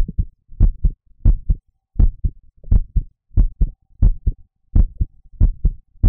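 Steady paired low thumps, about 90 a minute: a regular, ordinary adult heartbeat, slightly quick, heard close up.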